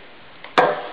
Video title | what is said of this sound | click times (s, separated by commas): MESIN MUG, MESIN SABLON MUG, ALAT CETAK MUG, PRESS MUG | it locks into place come back over here | 0.6 s